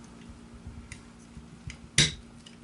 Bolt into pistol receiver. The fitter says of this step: it snaps down it should then be free